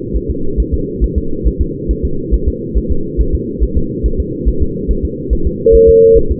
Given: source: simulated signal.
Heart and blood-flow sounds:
fetal heart sounds
0.17 s: S1
0.31 s: S2
0.60 s: S1
0.74 s: S2
1.04 s: S1
1.18 s: S2
1.48 s: S1
1.61 s: S2
1.91 s: S1
2.05 s: S2
2.34 s: S1
2.48 s: S2
2.78 s: S1
2.92 s: S2
3.21 s: S1
3.35 s: S2
3.64 s: S1
3.77 s: S2
4.06 s: S1
4.20 s: S2
4.49 s: S1
4.62 s: S2
4.91 s: S1
5.05 s: S2
5.33 s: S1
5.47 s: S2
5.75 s: S1
5.89 s: S2
6.18 s: S1
6.31 s: S2
From the record:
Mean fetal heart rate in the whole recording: 140 bpm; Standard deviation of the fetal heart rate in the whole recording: 2 bpm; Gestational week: 34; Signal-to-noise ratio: -8.1 dB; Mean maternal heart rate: 72 bpm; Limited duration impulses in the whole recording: present

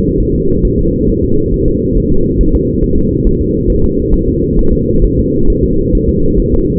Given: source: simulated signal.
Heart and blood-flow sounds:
fetal heart sounds
0.20 s: S1
0.35 s: S2
0.65 s: S1
0.79 s: S2
1.09 s: S1
1.24 s: S2
1.54 s: S1
1.68 s: S2
1.97 s: S1
2.12 s: S2
2.41 s: S1
2.55 s: S2
2.84 s: S1
2.98 s: S2
3.27 s: S1
3.41 s: S2
3.70 s: S1
3.84 s: S2
4.14 s: S1
4.28 s: S2
4.59 s: S1
4.73 s: S2
5.04 s: S1
5.19 s: S2
5.50 s: S1
5.64 s: S2
5.95 s: S1
6.09 s: S2
6.40 s: S1
6.54 s: S2
From the record:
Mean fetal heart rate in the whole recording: 135 bpm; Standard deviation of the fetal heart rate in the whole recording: 3 bpm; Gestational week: 36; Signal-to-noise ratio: -16.4 dB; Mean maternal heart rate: 72 bpm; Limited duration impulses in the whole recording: present

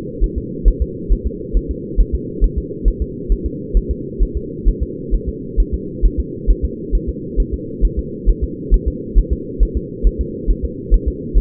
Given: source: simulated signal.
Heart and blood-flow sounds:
fetal heart sounds
0.24 s: S1
0.38 s: S2
0.68 s: S1
0.82 s: S2
1.12 s: S1
1.27 s: S2
1.57 s: S1
1.71 s: S2
2.00 s: S1
2.15 s: S2
2.44 s: S1
2.58 s: S2
2.88 s: S1
3.02 s: S2
3.32 s: S1
3.46 s: S2
3.77 s: S1
3.91 s: S2
4.23 s: S1
4.37 s: S2
4.69 s: S1
4.83 s: S2
5.14 s: S1
5.29 s: S2
5.60 s: S1
5.74 s: S2
6.06 s: S1
6.20 s: S2
6.50 s: S1
6.65 s: S2
6.95 s: S1
7.09 s: S2
7.40 s: S1
7.54 s: S2
7.85 s: S1
7.99 s: S2
8.29 s: S1
8.44 s: S2
8.74 s: S1
8.88 s: S2
9.19 s: S1
9.33 s: S2
9.63 s: S1
9.77 s: S2
10.07 s: S1
10.21 s: S2
10.50 s: S1
10.65 s: S2
10.94 s: S1
11.08 s: S2
11.38 s: S1
From the record:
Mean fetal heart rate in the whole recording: 135 bpm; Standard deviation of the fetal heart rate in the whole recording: 3 bpm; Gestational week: 36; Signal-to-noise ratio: -4.1 dB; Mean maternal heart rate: no maternal heart sound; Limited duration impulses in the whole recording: absent

